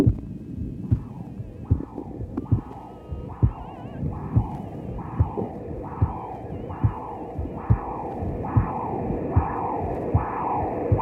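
Regular pulsing whooshes at about 73 a minute, each rising sharply then fading into a softer trailing whoosh, over a steady machine hum. This is a transcranial Doppler flow signal from the terminal internal carotid artery of an adult, with each pulse marking one heartbeat.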